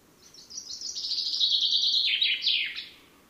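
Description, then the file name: Common chaffinch song: a brisk, rattling phrase descending through several note groups before a final flourish, heard once against a quiet background. "Fringilla coelebs"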